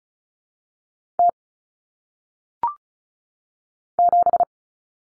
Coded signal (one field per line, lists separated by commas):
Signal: Morse code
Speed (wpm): 36 wpm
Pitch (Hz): 700 Hz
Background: none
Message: T 7